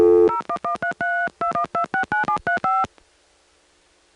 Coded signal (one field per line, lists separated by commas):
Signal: DTMF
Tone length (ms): 110 ms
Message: 0113321269735